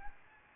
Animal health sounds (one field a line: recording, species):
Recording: mosquito wingbeat signal from an infrared sensor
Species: Aedes albopictus